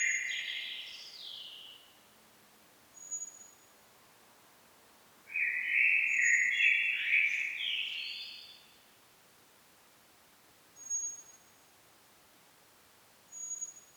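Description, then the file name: Common blackbird song: the tail of one phrase, then a full mellow warble with a squeaky ending; brief thin high whistles are heard between phrases. "Turdus merula"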